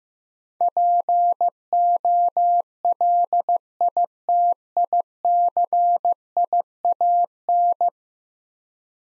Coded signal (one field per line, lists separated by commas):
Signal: Morse code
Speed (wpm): 15 wpm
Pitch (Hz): 700 Hz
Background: none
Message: POLITICIAN